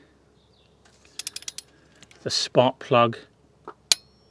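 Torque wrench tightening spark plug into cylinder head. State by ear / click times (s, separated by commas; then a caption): torque reached / 3.9 s. A torque wrench tightens a new spark plug into the aluminium cylinder head of a Vauxhall Corsa D (Opel Corsa D), with a quick series of light ratcheting clicks around 1.2–1.6 s while someone talks. At 3.9 s the wrench gives a single sharp, obvious click at its set torque, confirming the spark plug is tight enough but not too tight.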